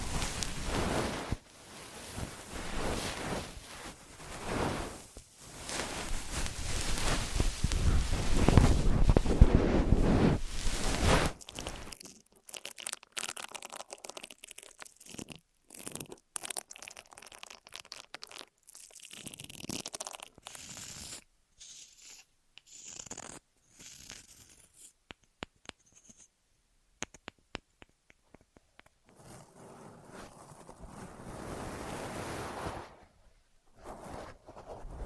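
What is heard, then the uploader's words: Rubbing and cleaning sounds scrub right against the microphone, loud and dense for the first eleven seconds with a deep rumble around nine seconds. After that they break into quieter, scattered scratches and soft brushes with brief silences, swelling again near thirty seconds. ASMR 3Dio FS Pro II Mic Test Ear Massage, Cleaning etc (No Talking).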